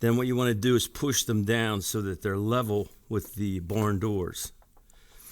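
Someone talks while handling a plastic diffuser corner piece on a studio light, about to push it down level with the light's barn doors. A couple of faint sharp ticks follow near the end, but the corner piece has not yet snapped into place.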